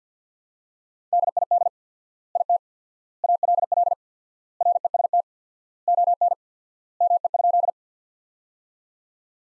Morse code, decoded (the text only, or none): DID IT ALL REST ON ME?